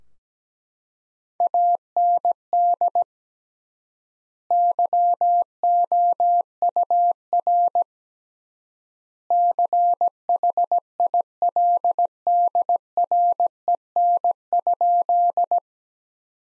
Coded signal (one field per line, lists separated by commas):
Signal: Morse code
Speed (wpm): 17 wpm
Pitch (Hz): 700 Hz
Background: none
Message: AND YOUR CHILDREN?